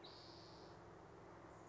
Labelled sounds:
Spotted Towhee (Pipilo maculatus)
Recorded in Sonoma County, California

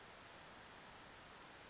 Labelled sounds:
Western Flycatcher (Empidonax difficilis)
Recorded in Sonoma County, California

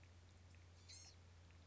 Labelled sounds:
Blue-gray Gnatcatcher (Polioptila caerulea)
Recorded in Sonoma County, California

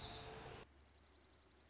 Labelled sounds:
Dark-eyed Junco (Junco hyemalis)
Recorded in Sonoma County, California

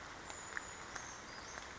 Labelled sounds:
Brown Creeper (Certhia americana)
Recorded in Sonoma County, California

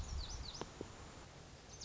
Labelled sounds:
Lazuli Bunting (Passerina amoena)
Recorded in Sonoma County, California

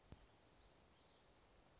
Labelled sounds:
Chestnut-backed Chickadee (Poecile rufescens)
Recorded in Sonoma County, California

